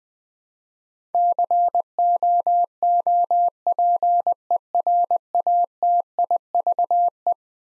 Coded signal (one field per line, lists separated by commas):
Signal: Morse code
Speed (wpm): 20 wpm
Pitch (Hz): 700 Hz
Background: none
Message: COOPERATIVE